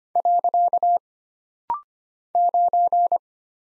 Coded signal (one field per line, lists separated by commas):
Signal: Morse code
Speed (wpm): 25 wpm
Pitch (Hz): 700 Hz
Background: none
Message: . 9